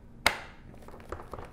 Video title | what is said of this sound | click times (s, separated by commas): Unboxing and Assembly: E-flite® EC-1500 Twin 1.5m | gonna slide it in till we hear it click pull | 0.3 s